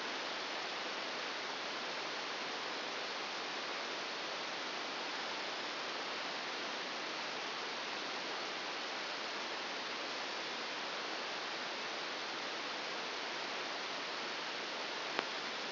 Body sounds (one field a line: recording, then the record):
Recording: brain microelectrode recording played as sound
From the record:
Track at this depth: inside the subthalamic nucleus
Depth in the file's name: 4.208 mm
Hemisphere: right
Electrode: 2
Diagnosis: Parkinson's disease